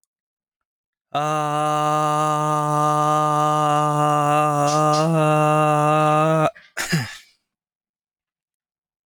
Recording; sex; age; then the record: vowel held as long as possible; male; 30 to 39 years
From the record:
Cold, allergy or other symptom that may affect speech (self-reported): no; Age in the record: 30 years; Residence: California, United States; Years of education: 16